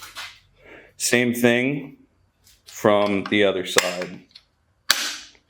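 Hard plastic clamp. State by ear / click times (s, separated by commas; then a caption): seated / 4.9 s. Someone talks while the second half of a dash mount on a 2015-2022 MT07 motorcycle is pushed onto the fork tube from the other side, under the top triple clamp. It clips into place with a single sharp snap at 4.9 seconds, and the clamp half is seated.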